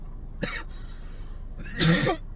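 Two abrupt, noisy bursts about a second apart, the second louder and longer with a rough, throaty tail: an adult man's cough with some throat clearing. It is an ordinary isolated cough in a quiet room, with no wheeze or whoop.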